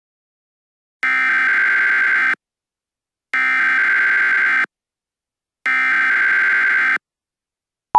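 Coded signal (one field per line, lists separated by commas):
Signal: Emergency Alert System (SAME) tones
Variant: header bursts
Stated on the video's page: Fictional nuclear attack scenario using valid EAS tones.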